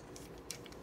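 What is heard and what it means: A plastic piece on a Transformers Siege Optimus Prime toy robot is swung around during transformation so its two tabs lock into two slots on the toy body. Faint plastic ticks are heard, with a sharp snap at 0.5 seconds as the tabs lock into place.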